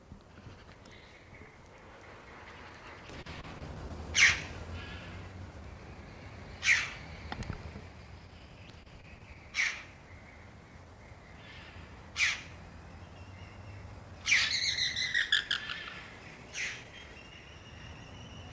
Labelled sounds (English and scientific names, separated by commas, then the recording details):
Red-billed Chough (Pyrrhocorax pyrrhocorax)
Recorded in captivity
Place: Zoo Berlin, Berlin, DE
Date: 1991-10-10 17:15
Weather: 19°C
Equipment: Nagra SN, Mikrofon AKG CK 8, Kopie Tesla B 116
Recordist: Tembrock, Günter